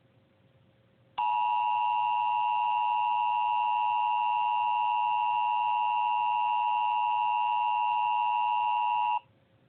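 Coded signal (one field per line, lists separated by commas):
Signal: Emergency Alert System (SAME) tones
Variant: 853 and 960 Hz attention tone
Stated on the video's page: Fictional EAS scenario with simulated alert tones.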